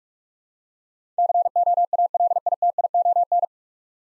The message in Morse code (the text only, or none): COALITION